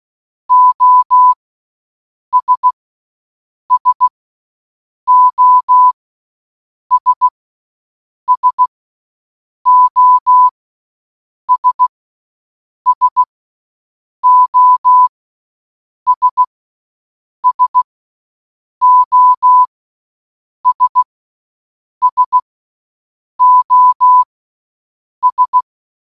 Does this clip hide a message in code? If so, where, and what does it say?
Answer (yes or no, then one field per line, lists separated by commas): yes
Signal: Morse code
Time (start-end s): 0.5-25.6 s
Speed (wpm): 16 wpm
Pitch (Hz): 1000 Hz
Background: none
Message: OS SOS SOS SOS SOS SOS